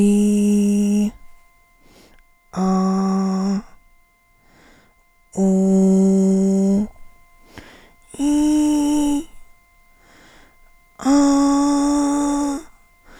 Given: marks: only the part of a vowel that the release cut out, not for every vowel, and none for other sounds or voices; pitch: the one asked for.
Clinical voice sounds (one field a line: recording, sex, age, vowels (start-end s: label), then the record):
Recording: sustained vowels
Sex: female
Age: 50 to 59 years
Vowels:
0.00-0.99 s: vowel /i/, normal pitch
2.67-3.51 s: vowel /a/, normal pitch
5.48-6.70 s: vowel /u/, normal pitch
8.24-8.91 s: vowel /i/, high pitch
11.20-12.43 s: vowel /a/, high pitch
From the record:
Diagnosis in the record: central laryngeal movement disorder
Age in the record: 52 years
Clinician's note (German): Verdacht auf zentrallaryngale Bewegungsstörung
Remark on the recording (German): NSP-Datei piepst ein wenig (außer bei im, am , um).